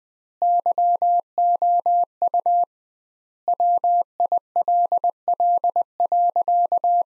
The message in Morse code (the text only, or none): YOU WILL.